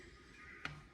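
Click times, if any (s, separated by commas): 0.7 s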